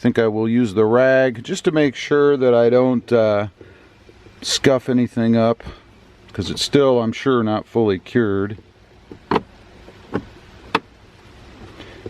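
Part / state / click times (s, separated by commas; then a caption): painted interior trim panel into truck dashboard / seated / 9.3 s, 10.8 s. Someone talks while a freshly painted interior trim panel on a Tundra pickup truck is pushed back into place by hand through a rag, used so the not-yet-cured paint doesn't get scuffed. After the talking stops, the panel's plastic retaining clips snap into the dash with sharp clicks at about 9.3 s and 10.8 s, and the panel is seated.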